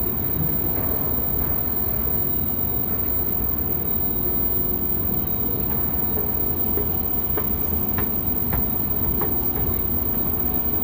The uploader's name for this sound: NYC public transportation mishmash